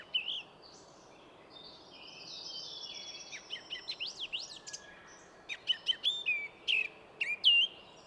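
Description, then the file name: Eurasian blackcap song: soft chattering notes building into a loud sequence of clear, slurred whistles near the end. "Sylvia atricapilla"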